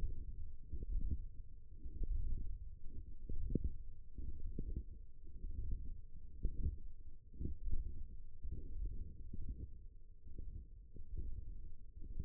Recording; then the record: forearm muscle sounds (acoustic myography)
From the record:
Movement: ulnar deviation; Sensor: system 1, eight BSWA MPA416 microphones around the upper forearm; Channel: 3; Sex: female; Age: 20 years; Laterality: right